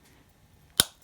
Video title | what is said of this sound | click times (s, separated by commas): Rocky Horror Tv Monitor DIY Decoration | using it until it snaps but you'll see there's | 0.8 s